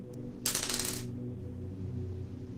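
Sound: dice being rolled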